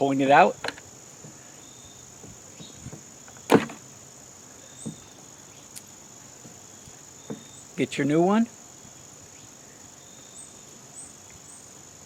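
Someone talks while handling a new brake light bulb for a Subaru Forester before pushing it into its bulb socket. Brief sharp handling sounds come near 3.5 s and 5.8 s over a steady high-pitched background tone. The bulb has not clicked or seated in the socket yet.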